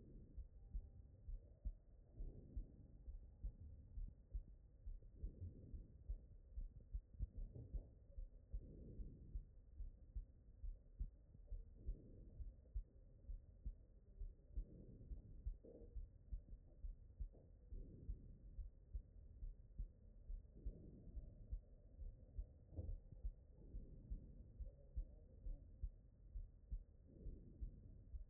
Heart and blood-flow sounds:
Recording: heart sounds by stethoscope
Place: aortic valve (AV)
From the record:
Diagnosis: non-HFrEF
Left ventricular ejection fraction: 63%

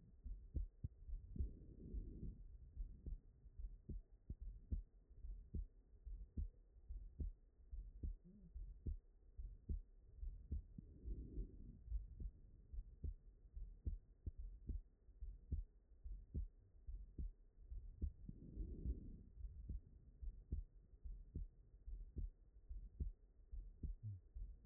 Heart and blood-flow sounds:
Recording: heart sounds by stethoscope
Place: pulmonary valve (PV)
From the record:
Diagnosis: HFrEF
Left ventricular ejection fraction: 21%

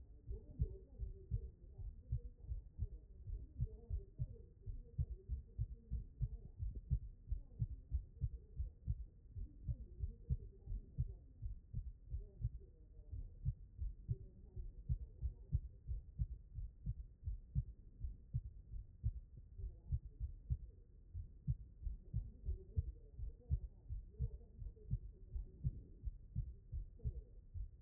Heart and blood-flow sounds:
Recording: heart sounds by stethoscope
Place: pulmonary valve (PV)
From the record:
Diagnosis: non-HFrEF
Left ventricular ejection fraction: 51%

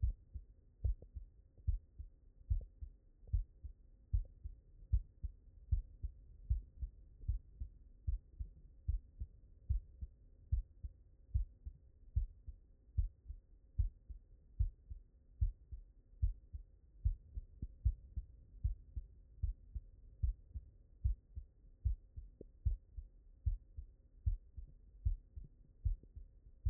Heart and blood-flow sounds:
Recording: heart sounds by stethoscope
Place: mitral valve (MV)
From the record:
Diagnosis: non-HFrEF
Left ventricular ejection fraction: 60%

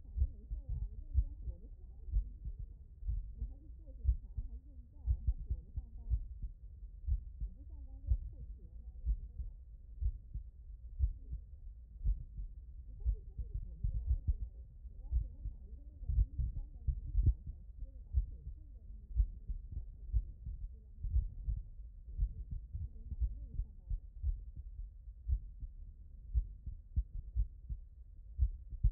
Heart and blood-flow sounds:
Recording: heart sounds by stethoscope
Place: tricuspid valve (TV)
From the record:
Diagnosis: non-HFrEF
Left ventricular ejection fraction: 61%

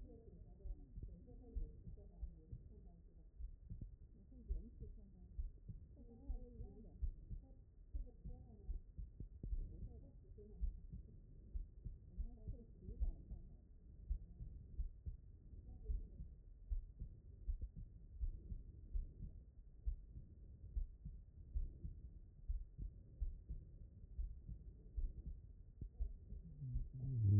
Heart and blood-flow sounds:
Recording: heart sounds by stethoscope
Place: aortic valve (AV)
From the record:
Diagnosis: non-HFrEF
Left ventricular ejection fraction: 58%

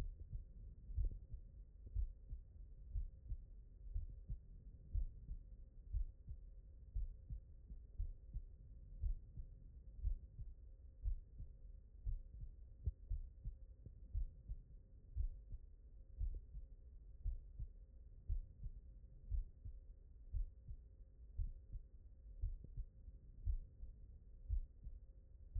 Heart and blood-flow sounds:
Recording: heart sounds by stethoscope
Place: mitral valve (MV)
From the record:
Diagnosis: non-HFrEF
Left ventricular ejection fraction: 57%

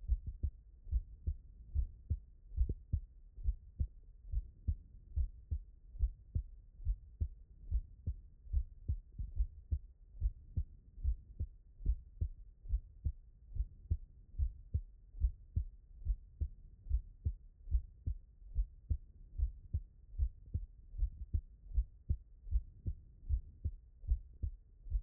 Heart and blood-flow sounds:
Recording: heart sounds by stethoscope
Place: tricuspid valve (TV)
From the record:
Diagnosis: non-HFrEF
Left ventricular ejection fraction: 69%

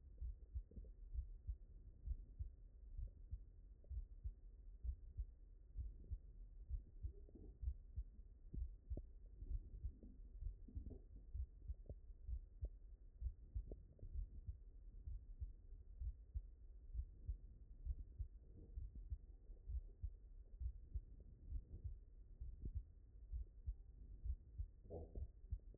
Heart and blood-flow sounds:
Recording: heart sounds by stethoscope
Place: mitral valve (MV)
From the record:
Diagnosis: non-HFrEF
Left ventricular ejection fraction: 72%

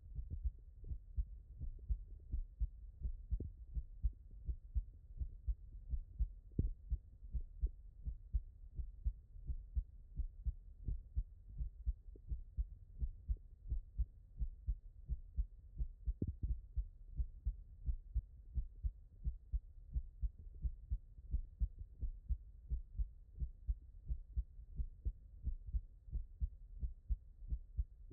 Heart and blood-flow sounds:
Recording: heart sounds by stethoscope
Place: tricuspid valve (TV)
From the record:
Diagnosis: HFrEF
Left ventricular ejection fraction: 23%

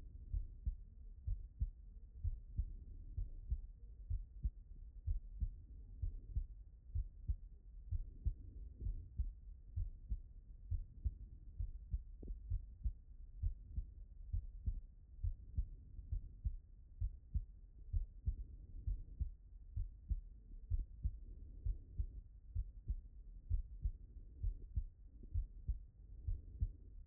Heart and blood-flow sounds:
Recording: heart sounds by stethoscope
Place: tricuspid valve (TV)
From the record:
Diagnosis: non-HFrEF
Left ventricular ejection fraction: 58%

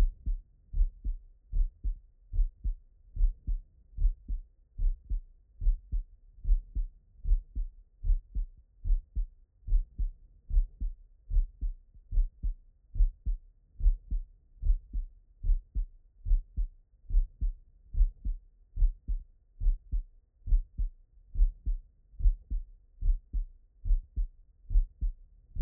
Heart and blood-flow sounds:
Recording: heart sounds by stethoscope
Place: tricuspid valve (TV)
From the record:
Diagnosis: non-HFrEF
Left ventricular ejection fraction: 63%

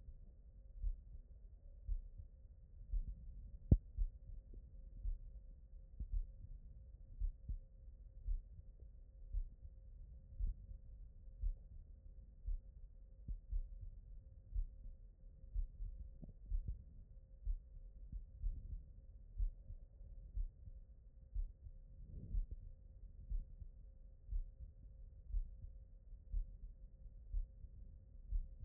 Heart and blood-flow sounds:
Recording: heart sounds by stethoscope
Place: aortic valve (AV)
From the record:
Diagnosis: non-HFrEF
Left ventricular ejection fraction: 58%

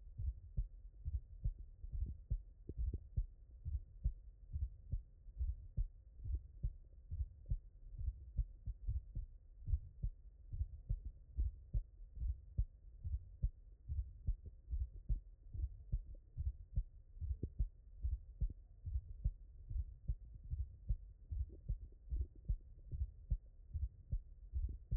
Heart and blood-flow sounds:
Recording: heart sounds by stethoscope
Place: tricuspid valve (TV)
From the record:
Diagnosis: non-HFrEF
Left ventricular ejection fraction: 57%

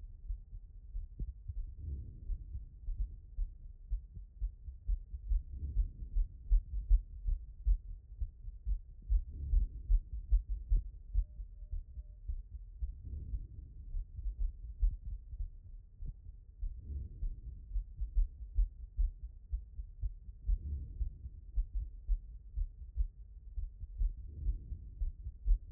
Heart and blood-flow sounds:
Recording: heart sounds by stethoscope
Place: pulmonary valve (PV)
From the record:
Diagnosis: non-HFrEF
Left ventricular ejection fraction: 43%

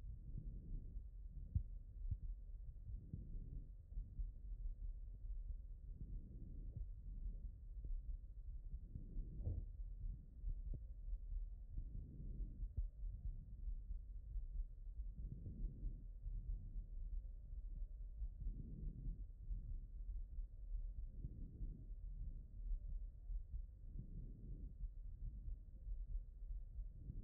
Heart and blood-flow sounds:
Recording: heart sounds by stethoscope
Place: pulmonary valve (PV)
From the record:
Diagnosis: HFrEF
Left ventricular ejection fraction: 30%

